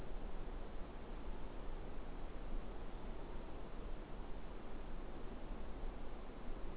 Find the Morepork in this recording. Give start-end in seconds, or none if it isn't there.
none